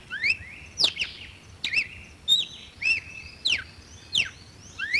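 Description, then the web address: Red-cowled cardinal singing bright, clear whistled phrases mixing rising and falling slurs with held level notes, delivered in a brisk irregular series against faint low background noise. "cardeal-do-nordeste canto"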